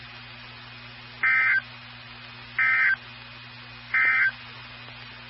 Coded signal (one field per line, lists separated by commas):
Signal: Emergency Alert System (SAME) tones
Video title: Two Severe Thunderstorm Warnings (Double Header) (EAS #638 & 639)